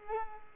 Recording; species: mosquito wingbeat signal from an infrared sensor; Culex quinquefasciatus